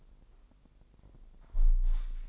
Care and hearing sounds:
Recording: daily activity, microphone in the room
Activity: close window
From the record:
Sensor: 5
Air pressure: 1000.3 hPa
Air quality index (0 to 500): 248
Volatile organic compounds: 35 ppm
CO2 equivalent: 3058 ppm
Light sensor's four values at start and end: 34/79/31/30 and 34/79/31/30

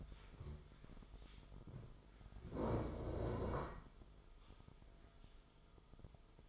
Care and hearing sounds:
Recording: daily activity, microphone in the room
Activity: stand up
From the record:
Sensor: 5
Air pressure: 1005.5 hPa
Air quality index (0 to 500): 104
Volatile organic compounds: 2 ppm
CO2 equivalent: 1270 ppm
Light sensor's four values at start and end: 34/78/31/29 and 34/78/31/29

